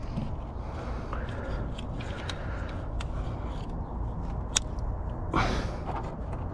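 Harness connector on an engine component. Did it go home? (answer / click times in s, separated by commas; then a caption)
released / 4.6 s. The last of several plastic electrical connectors on an engine component's harness is pried up with pliers helping, over a steady low background rumble with faint ticks and scrapes. Its locking tab releases with a sharp click at 4.6 s, and the connector comes free. A short rushing scrape follows at about 5.4 s.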